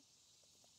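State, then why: Not seated. The seat height on a Magnum Nomad electric fat tire bike is being adjusted by hand at the seat post quick-release clamp on the bicycle frame, with the quick-disconnect clamp being closed. A steady hiss with a bright high band runs throughout, with a few faint soft blips near 0.4, 0.6 and 0.8 seconds. The clamp has not yet locked and nothing has seated.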